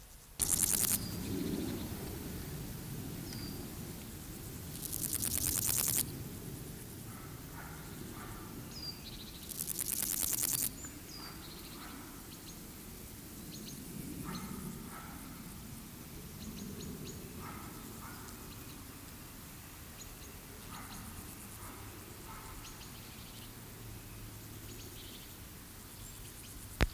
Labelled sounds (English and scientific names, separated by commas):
Meadow Grasshopper (Chorthippus parallelus) stridulation